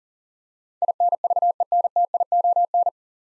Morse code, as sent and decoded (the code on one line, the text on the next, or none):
.. -. ...- . -. - .. --- -.
INVENTION